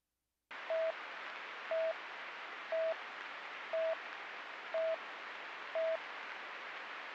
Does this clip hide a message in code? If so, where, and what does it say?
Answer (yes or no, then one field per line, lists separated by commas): no